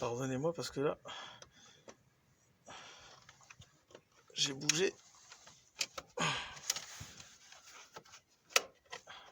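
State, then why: Seated. While an air filter assembly is refitted on a diesel Fiat Stilo 1.9 JTD 115, a plastic clip on the air filter housing or intake duct is pushed until it snaps home. Someone talks, with quieter handling knocks, and the loudest, sharpest snap comes at 8.6 s as the clip seats properly.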